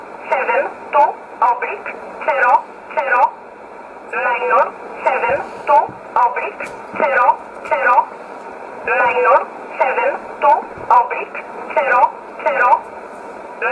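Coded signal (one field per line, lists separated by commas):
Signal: numbers station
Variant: E11 Oblique, English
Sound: short spoken words read one at a time at steady intervals over band-limited radio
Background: radio hiss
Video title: 13 11 2019 E11 Oblique Numbers station in English 1626 on 5082 unknown tx site in USB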